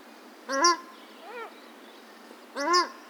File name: paradise shelduck